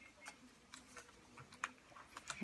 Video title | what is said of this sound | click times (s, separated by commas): Laptop screen replacement / How to replace laptop screen Lenovo Ideal Pad 300-15ISK | I'm just gonna slide it back in like so you'll hear a slight click | 1.6 s